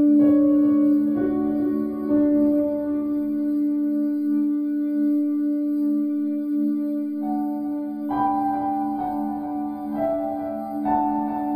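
A 528Hz healing tone: a steady low hum sustains throughout, with higher pure tones layered on top. Brighter tones shift and swell in around the first two seconds, drop away mid-clip, then return more fully after about eight seconds.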